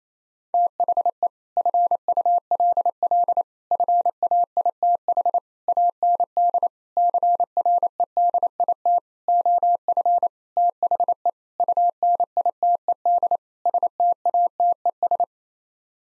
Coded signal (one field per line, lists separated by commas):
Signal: Morse code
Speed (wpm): 28 wpm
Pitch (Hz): 700 Hz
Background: none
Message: THE FULL FAITH AND CREDIT OF THE UNITED STATES